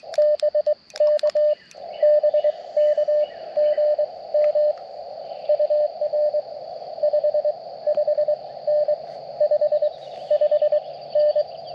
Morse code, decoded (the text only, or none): BK BK GM UR 55N 55N